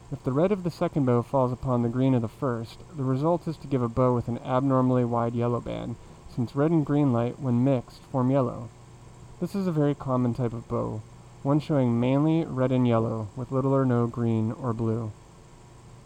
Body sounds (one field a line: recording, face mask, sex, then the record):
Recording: reading aloud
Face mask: surgical mask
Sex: male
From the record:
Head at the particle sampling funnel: facing it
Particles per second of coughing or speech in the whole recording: 0.242